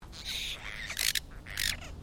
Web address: Sound Effects-Foundation. BIRD APOSTLE BIRD CALL